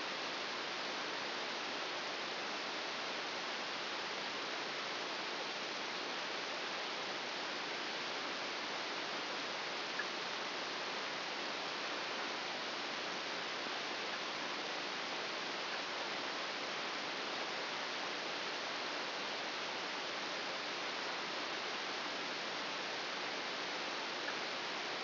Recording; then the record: brain microelectrode recording played as sound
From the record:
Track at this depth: inside the subthalamic nucleus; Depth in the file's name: 2.004 mm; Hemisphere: right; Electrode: 2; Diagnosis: Parkinson's disease